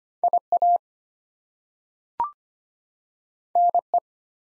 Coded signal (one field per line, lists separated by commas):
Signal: Morse code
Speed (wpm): 25 wpm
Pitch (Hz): 700 Hz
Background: none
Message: IA NE